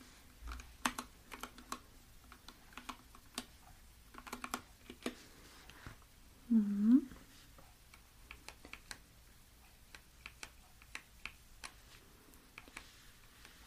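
Gentle keyboard taps and small clicks come in irregular bursts throughout, with soft paper-like rustles mixed between them. Around the seventh second a brief, louder tone swoops down and back up. A low hum runs steadily underneath.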